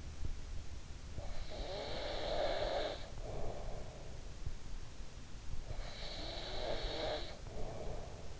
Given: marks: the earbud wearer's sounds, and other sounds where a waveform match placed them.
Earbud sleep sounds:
sounds in sleep by an in-ear microphone; snoring breath
0.90-4.50 s: snoring breath
5.41-8.40 s: snoring breath

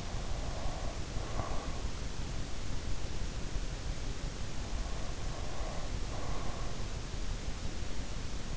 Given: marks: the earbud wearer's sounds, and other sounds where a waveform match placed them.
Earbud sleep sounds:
sounds in sleep by an in-ear microphone; breath
0.00-2.13 s: breath
5.13-6.82 s: breath

